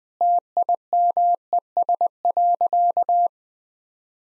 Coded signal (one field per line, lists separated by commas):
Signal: Morse code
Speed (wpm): 20 wpm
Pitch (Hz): 700 Hz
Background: none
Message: TIMES.